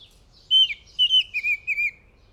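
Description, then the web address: Northern oriole giving a short series of clear, wavering whistled notes, delivered quickly over about a second and a half in quiet surroundings. "sound Northern-Oriole. صدای-پرنده-اوریول-شمالی"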